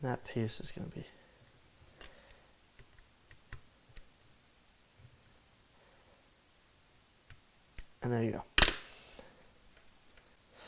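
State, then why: Seated. During reassembly of a Mossberg 464 Tactical lever-action shotgun, the lever is pushed into its closed position on the receiver. After someone talks and a few faint clicks, it locks into place with one sharp, loud metallic click at 8.6 s.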